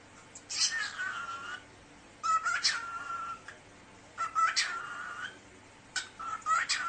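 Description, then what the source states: Cockatiel uttering four separate phrases, each a harsh burst trailing into a level whistle, spaced by short silences. Cockatiel talking.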